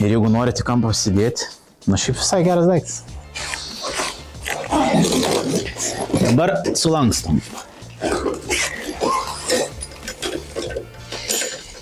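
Someone talks while handling the folding handlebar latch on an M1x3 folding electric tricycle as they begin to fold it, with a few brief knocks during the handling. The latch that locks the handlebar has not seated or clicked yet.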